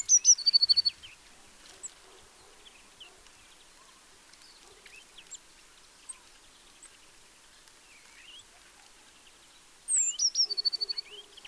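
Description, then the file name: Eurasian blue tit song: high thin introductory notes then a rapid even trill, heard at the start and again near the end, with soft chirps between. "Cyanistes caeruleus"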